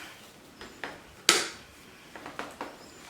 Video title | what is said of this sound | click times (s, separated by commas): AeroPilates Reformer 3 or 4 Cord Cardio Rebounder Assembly Trampoline (How to Open) | you're gonna kind of feel it pop into place a little bit like a puzzle | 1.3 s